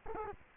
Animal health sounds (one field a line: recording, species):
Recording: mosquito wingbeat signal from an infrared sensor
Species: Culex quinquefasciatus